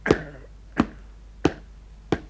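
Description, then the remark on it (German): Four sharp hammer blows at a steady, even pace as Jack Black hammers a high-heeled shoe, each a bright percussive knock with a short ringing decay, with no voices. “Aber Jack Black treibt ihn unerbittlich mit seinem Hammer aus.”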